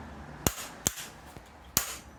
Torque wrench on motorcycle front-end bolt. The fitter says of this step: Hallelujah, 2 clicks, done.